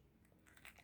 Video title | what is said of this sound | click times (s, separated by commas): POLISSEUSE DE RENOVATION PARKSIDE PAAP12C3 | Là, j'arrive pas à appuyer, donc je tourne un peu le plateau jusqu'à ce que ça s'enclenche. | 0.5 s, 0.8 s